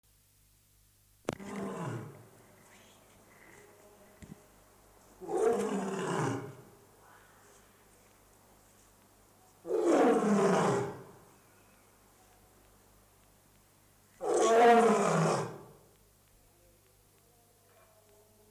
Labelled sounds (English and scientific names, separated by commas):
Lion (Panthera leo) call